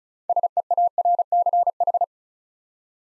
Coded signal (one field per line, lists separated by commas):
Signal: Morse code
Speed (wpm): 36 wpm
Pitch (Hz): 700 Hz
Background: none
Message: SEARCH